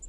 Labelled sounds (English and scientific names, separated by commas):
Townsend's Warbler (Setophaga townsendi) flight call